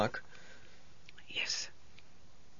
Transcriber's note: she whispers